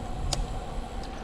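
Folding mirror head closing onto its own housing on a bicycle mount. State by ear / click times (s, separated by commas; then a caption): seated / 0.3 s. A small folding mirror head on a Brompton bicycle's mount is folded closed onto its own housing, its halves snapping together like a clamshell makeup mirror. A single short, sharp click is heard at 0.3 s over a steady low background rumble. The mirror clicks shut and is seated in place.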